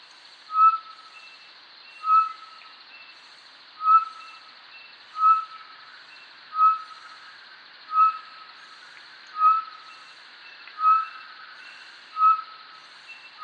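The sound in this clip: Short-tailed batis calling with single clear whistled notes, each short and steady in pitch, repeated evenly about every 1.4 seconds, nine notes in all, with a faint background hiss.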